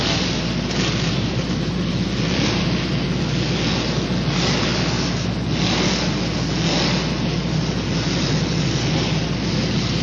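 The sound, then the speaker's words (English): Racing lawn mowers of the unlimited open class, with no upper limit on engine size, roar in a heat race: a loud, continuous drone with a heavy low rumble and a steady wash of noise, holding an even intensity throughout with no voices. “Seven heat races moving to the open class, the unlimited class. The unlimited class of mowers.”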